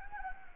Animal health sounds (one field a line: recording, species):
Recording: mosquito wingbeat signal from an infrared sensor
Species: Anopheles gambiae